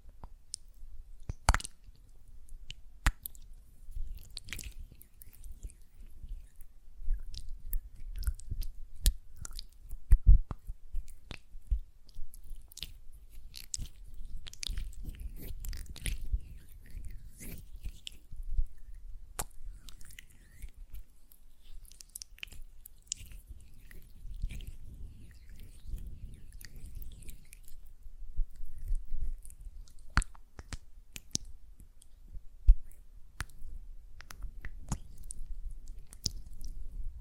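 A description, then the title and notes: Hands work gel lotion with a constant run of wet, sticky squelches and soft smacks. Crisp clicks and pops come irregularly throughout, a sharper one near ten seconds and others around 17 and 33 seconds, over a low, steady rumbling base. ASMR Gel Lotion Hand Sounds (No Talking).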